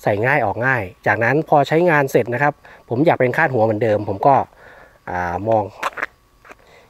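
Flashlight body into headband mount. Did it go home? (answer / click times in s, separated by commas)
yes / 6.5 s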